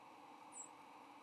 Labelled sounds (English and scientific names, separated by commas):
White-throated Sparrow (Zonotrichia albicollis) flight call